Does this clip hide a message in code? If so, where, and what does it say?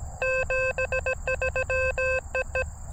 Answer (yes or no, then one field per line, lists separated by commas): yes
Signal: Morse code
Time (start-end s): 0.2-2.6 s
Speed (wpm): 17 wpm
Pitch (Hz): 2600 Hz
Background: none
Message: 73EE